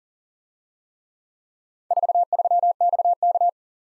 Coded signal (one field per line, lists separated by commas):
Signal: Morse code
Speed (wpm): 47 wpm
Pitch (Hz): 700 Hz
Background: none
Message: 43XK